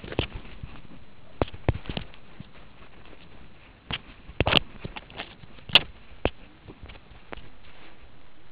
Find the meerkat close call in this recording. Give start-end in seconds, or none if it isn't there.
1.24-1.33, 4.46-4.57